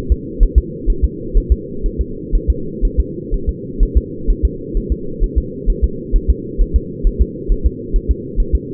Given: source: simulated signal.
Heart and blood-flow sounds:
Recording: fetal heart sounds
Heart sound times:
0.12 s: S2
0.43 s: S1
0.58 s: S2
0.90 s: S1
1.04 s: S2
1.37 s: S1
1.52 s: S2
1.86 s: S1
2.01 s: S2
2.35 s: S1
2.50 s: S2
2.85 s: S1
3.00 s: S2
3.34 s: S1
3.49 s: S2
3.83 s: S1
3.97 s: S2
4.30 s: S1
4.45 s: S2
4.77 s: S1
4.92 s: S2
5.23 s: S1
5.38 s: S2
5.70 s: S1
5.84 s: S2
6.16 s: S1
6.30 s: S2
6.61 s: S1
6.76 s: S2
7.07 s: S1
7.22 s: S2
7.52 s: S1
7.66 s: S2
7.96 s: S1
8.11 s: S2
8.40 s: S1
8.55 s: S2
From the record:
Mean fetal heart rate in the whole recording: 130 bpm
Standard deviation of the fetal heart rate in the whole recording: 4 bpm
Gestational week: 38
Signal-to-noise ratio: -4.3 dB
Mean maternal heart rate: 72 bpm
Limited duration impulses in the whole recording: absent

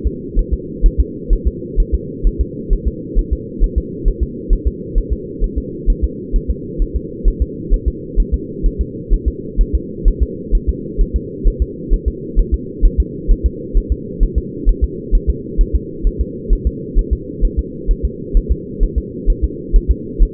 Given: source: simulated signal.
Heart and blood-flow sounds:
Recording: fetal heart sounds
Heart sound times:
0.07 s: S2
0.39 s: S1
0.54 s: S2
0.86 s: S1
1.00 s: S2
1.33 s: S1
1.47 s: S2
1.80 s: S1
1.94 s: S2
2.27 s: S1
2.41 s: S2
2.73 s: S1
2.88 s: S2
3.19 s: S1
3.33 s: S2
3.64 s: S1
3.78 s: S2
4.08 s: S1
4.23 s: S2
4.53 s: S1
4.67 s: S2
4.98 s: S1
5.13 s: S2
5.44 s: S1
5.58 s: S2
5.90 s: S1
6.04 s: S2
6.36 s: S1
6.50 s: S2
6.82 s: S1
6.96 s: S2
7.28 s: S1
7.42 s: S2
7.74 s: S1
7.88 s: S2
8.20 s: S1
8.34 s: S2
8.66 s: S1
8.81 s: S2
9.13 s: S1
9.28 s: S2
9.61 s: S1
9.75 s: S2
10.08 s: S1
10.22 s: S2
10.55 s: S1
10.69 s: S2
11.01 s: S1
11.16 s: S2
11.47 s: S1
11.62 s: S2
11.94 s: S1
12.08 s: S2
12.40 s: S1
12.54 s: S2
12.85 s: S1
13.00 s: S2
13.31 s: S1
13.46 s: S2
13.78 s: S1
13.92 s: S2
14.23 s: S1
14.38 s: S2
14.69 s: S1
14.84 s: S2
15.15 s: S1
15.29 s: S2
15.61 s: S1
15.75 s: S2
16.07 s: S1
16.21 s: S2
16.53 s: S1
16.67 s: S2
16.99 s: S1
17.13 s: S2
17.45 s: S1
17.59 s: S2
17.91 s: S1
18.05 s: S2
18.37 s: S1
18.52 s: S2
18.84 s: S1
18.98 s: S2
19.30 s: S1
19.44 s: S2
19.76 s: S1
19.91 s: S2
20.23 s: S1
From the record:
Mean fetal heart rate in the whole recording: 130 bpm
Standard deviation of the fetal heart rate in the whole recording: 2 bpm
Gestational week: 38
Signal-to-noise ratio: -4.1 dB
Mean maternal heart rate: no maternal heart sound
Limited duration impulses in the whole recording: absent

